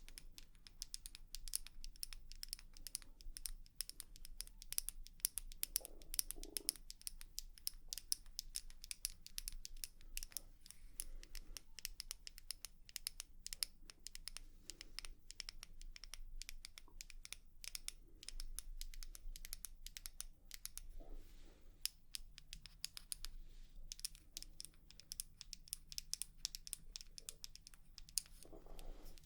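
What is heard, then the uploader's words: Rapid, dense tapping runs through the whole recording: sharp, bright clicks packed closely together at an uneven, busy pace, like fingers drumming on a hard surface. A low steady hum sits underneath, and a faint higher drone enters past the twenty-second mark. 100% Tapping.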